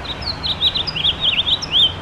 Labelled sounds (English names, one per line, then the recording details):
House Finch song
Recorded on Long Island, New York, on 7 June 2011
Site MV
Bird A